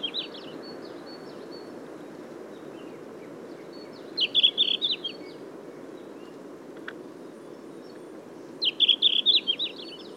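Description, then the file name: Red-flanked bluetail song: short sweet warbled phrases about four seconds apart, the first cut off at the start, with steady low background noise. "Tarsiger cyanurus song"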